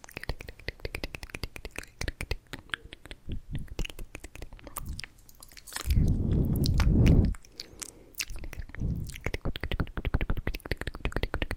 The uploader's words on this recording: ASMR Intense Mouth Sounds with New Mic.